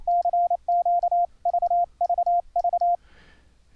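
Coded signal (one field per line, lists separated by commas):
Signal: Morse code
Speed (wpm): 28 wpm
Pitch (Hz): 700 Hz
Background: radio noise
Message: CQ VVV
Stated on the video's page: CW sent over the internet through Mumble using EhoCW software with keyboard, paddle or straight-key sending, with pitch regeneration on received audio.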